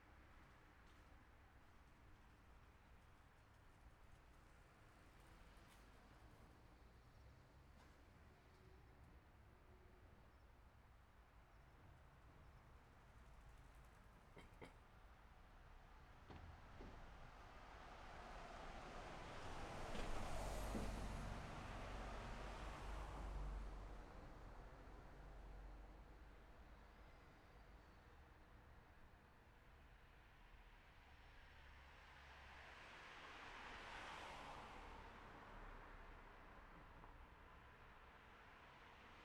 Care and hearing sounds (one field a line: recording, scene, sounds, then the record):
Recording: everyday scene through a hearing-aid microphone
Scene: in traffic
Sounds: traffic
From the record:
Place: city secondary road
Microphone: behind the ear, left, front